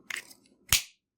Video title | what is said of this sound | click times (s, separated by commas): A.G. Russell Featherlite K93 One Hand Knife Overview | Nice solid click to it. | 0.7 s